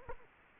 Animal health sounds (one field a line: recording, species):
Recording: mosquito wingbeat signal from an infrared sensor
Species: Culex quinquefasciatus